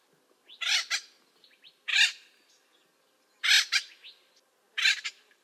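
Bird uttering four loud, grating calls, some broken into quick double notes, against a quiet background.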